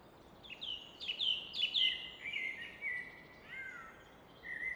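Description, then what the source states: Common nightingale song: rich whistled phrases and rapid sliding notes around mid-high pitch, delivered in bursts with short pauses, over a steady rushing background. Evening in Fläsch, Switzerland; rushing of the Rhine in the background reflected off a rock wall; recorded with Fostex FR2 and MKH 800.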